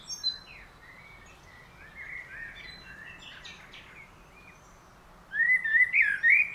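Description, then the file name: Common blackbird song, faint twittering at first, then a loud fluty warbled phrase near the end. "Turdus merula"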